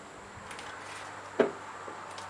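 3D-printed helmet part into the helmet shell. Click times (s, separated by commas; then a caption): 1.4 s. A 3D-printed PLA helmet part with a magnetic system is test-fitted onto the helmet shell and seats with a single short knock at 1.4 seconds, locking securely into place. The rest of the clip is quiet low-level background noise with no talk.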